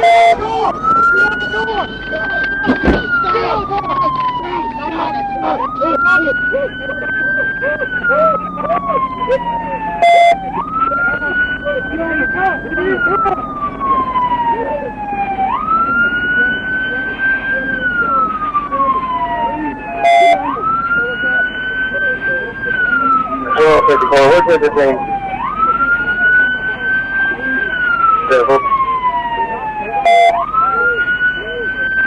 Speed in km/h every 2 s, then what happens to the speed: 0, 0, 0, 0, 0, 0, 0, 0, 0, 0, 0, 0, 0, 0, 0, 0.
0-32 standing.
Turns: none.